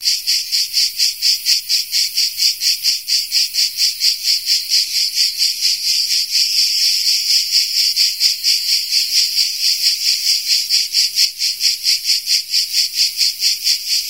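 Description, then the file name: Grey cicada song, a loud high buzzing pulsed in rapid regular beats about two per second, continuous throughout with no other sounds. "Tettigia Cicada. fullbeat"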